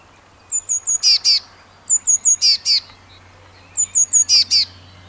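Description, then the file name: Eurasian blue tit calls: three thin high notes followed by a pair of buzzy churring notes, the phrase repeated three times over a faint low hum. "Cyanistes caeruleus"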